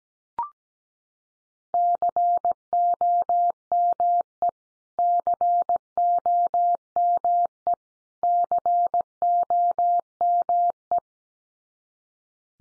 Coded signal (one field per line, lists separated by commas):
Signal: Morse code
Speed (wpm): 17 wpm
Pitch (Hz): 700 Hz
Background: none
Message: COME COME COME